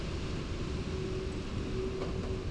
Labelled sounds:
Song Thrush

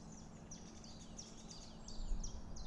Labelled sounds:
Common Blackbird

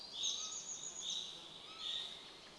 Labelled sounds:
Common Chaffinch

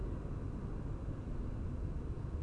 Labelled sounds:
none

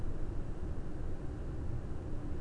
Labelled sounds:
none

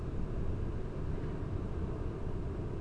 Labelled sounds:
none

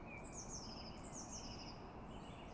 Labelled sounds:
Eurasian Blue Tit

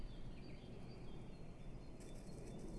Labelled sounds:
Great Tit

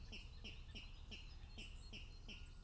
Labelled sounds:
Great Tit

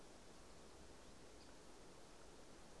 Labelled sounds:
Great Spotted Woodpecker

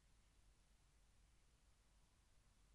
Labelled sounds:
Mallard

